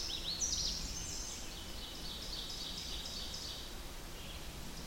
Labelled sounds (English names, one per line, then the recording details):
Ovenbird song
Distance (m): 80 m
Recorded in boreal forest in Alberta, Canada, on 8 June 2016 at 07:00
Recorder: SongMeter 3, array SBT-3-9
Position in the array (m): 48 m, 99 m
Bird 33